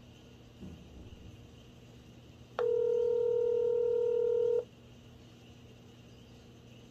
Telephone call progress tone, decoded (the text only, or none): ringback tone